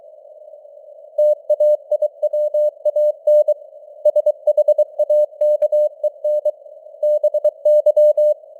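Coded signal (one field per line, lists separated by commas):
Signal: Morse code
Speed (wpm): 23 wpm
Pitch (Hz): 600 Hz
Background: none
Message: TAIWAN SHAKEN BY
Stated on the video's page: Morse news headlines at 23 wpm with simulated radio noise and varying signal strength (QSB).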